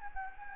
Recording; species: mosquito wingbeat signal from an infrared sensor; Anopheles gambiae